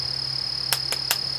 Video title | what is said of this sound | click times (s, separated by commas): Leupold VX6 HD 3-18X44 CDS-ZL2 Product Review | the lens cover on the back of the scope works the same way two little magnets pops it right open | 0.7 s, 1.1 s